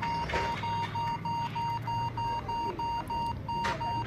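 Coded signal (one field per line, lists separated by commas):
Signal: beep code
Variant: HP laptop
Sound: continuous rapid short beeps at about 1 kHz, roughly 13 in four seconds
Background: faint room noise, speech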